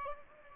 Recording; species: mosquito wingbeat signal from an infrared sensor; Aedes albopictus